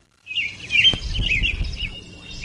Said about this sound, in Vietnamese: Tiếng hót trong trẻo, nhịp nhàng và vui tai hòa vào những tiếng chim họa mi khác khiến cả lâu đài như bừng sáng.